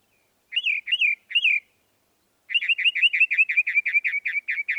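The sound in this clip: Northern mockingbird song: three slurred whistled phrases, a brief pause, then a fast run of repeated chirpy notes.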